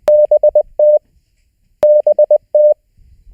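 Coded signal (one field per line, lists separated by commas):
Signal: Morse code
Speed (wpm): 20 wpm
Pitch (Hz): 600 Hz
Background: none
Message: BT BT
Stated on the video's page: Morse lesson homework for the fourth session of a learning series.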